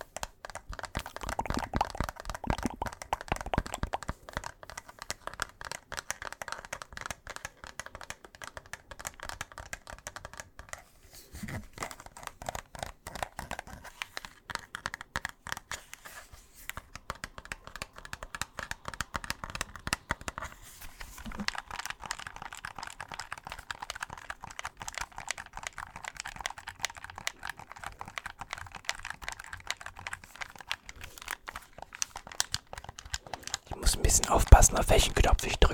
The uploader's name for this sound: TAPPING TRIGGER